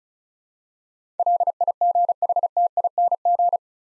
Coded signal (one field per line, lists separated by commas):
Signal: Morse code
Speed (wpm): 36 wpm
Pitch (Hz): 700 Hz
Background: none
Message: LIGHTING